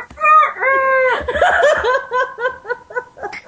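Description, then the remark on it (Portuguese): A long, loud, harmonic rooster-like crow opens, followed by a burst of noisy squawking and then a series of short, rhythmic, high-pitched chicken clucks. “Antena Best, galinhas.”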